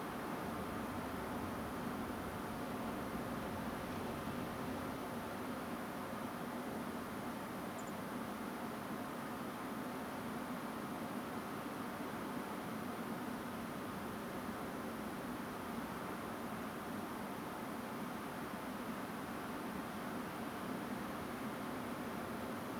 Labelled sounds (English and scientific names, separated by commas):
Song Thrush (Turdus philomelos)